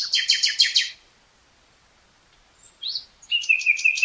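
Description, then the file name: Common nightingale song: a fast repeated rattle of rich notes, a pause, then a sharp upslurred note and another quick repeated series. "Luscinia megarhynchos"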